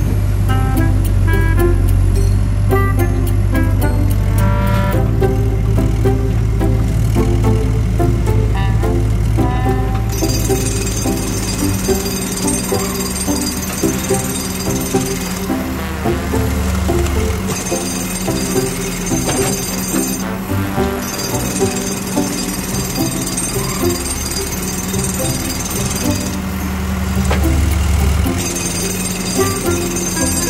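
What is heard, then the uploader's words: Construction site noise, loud and continuous, with heavy low rumbling machinery throughout. From about ten seconds a rapid hammering clatter with a bright metallic whine comes in bursts, pausing briefly around 15, 20 and 26 seconds. Faint voices sit underneath. All the sounds of a site.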